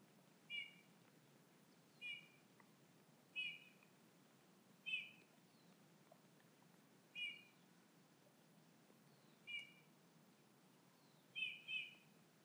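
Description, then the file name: Eurasian bullfinch giving soft, short piping whistles, one every couple of seconds, with a quick double note near the end, over a low rumbling background. "Pyrrhula pyrrhula"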